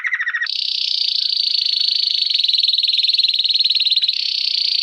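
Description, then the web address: Canary song: a brief low trill, then a long, very fast high-pitched rolling trill held steadily for over four seconds. "Music Canary Canary Singing"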